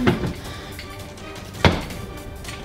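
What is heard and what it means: A mixing bowl is set onto a stand mixer base and locked into place, seating at 1.7 s. A softer knock comes at 0.1 s, then a sharp, short knock at 1.7 s as the bowl locks, over faint background music.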